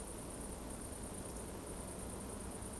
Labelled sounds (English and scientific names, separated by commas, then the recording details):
Eurasian Woodcock (Scolopax rusticola) whistle
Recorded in Baden-Württemberg, Germany, on 25 June 2020 at 20:19 UTC
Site 14569, 102 m above sea level